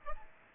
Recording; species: mosquito wingbeat signal from an infrared sensor; Aedes aegypti